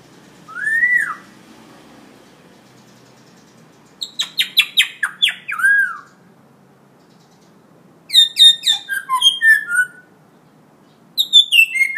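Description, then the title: Hill myna gives a single curved whistle, then bursts of rapid clicking notes and tumbling, descending whistles, with quiet gaps between phrases. Vocal ('gacor') hill myna; tutor audio (masteran) for training birds. "Suara Burung Beo Gacor Cocok Untuk Masteran"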